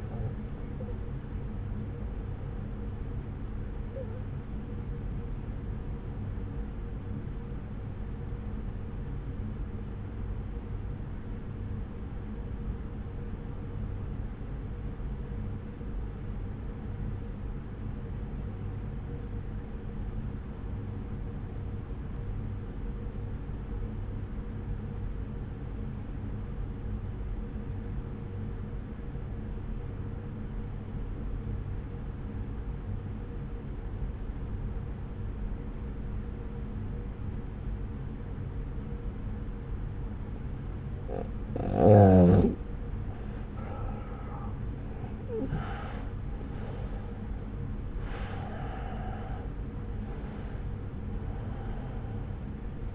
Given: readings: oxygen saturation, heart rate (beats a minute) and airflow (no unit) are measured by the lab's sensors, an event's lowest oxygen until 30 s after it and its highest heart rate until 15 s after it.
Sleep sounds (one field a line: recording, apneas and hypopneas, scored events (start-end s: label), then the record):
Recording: breathing in sleep by a smartphone at the bedside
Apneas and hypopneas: 1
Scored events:
6.00-43.10 s: obstructive apnea (N1, oxygen 95% highest, then 84% lowest)
13.00-43.00 s: new sleep stage, N2 (light sleep)
43.00-52.95 s: new sleep stage, N1 (lightest sleep)
From the record:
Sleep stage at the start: N1 (lightest sleep)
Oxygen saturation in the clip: 84 to 95%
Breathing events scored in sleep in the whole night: 303 in 8.1 hours asleep